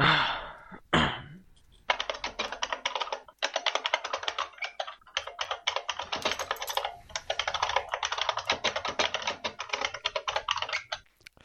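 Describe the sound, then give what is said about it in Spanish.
Rapid, continuous typing on a computer keyboard with dense clicking keystrokes in bursts, separated by a few short pauses, preceded by a brief breathy sound at the start. No one speaks. “Pero, ¿se oye hoy el teclado?”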